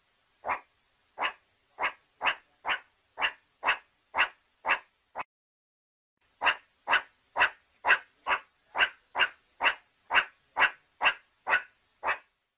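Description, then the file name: Meerkat barking calls: two runs of quick harsh barks, about two per second, separated by a pause of about a second. "Meerkat Sounds Pictures Learn The Sound A Meerkat Makes Animal Sounds"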